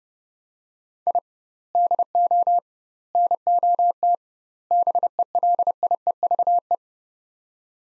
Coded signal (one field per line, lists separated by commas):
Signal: Morse code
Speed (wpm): 30 wpm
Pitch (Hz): 700 Hz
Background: none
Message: I DO NOT BELIEVE